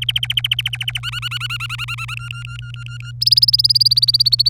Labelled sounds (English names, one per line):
Domestic Canary song